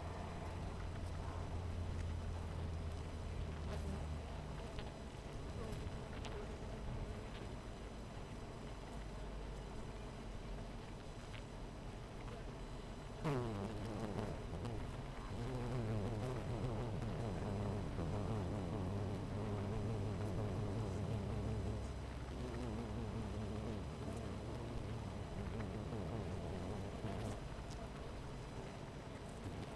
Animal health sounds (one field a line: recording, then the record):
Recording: honeybee colony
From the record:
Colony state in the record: missing queen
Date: 14 July 2017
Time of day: 13:41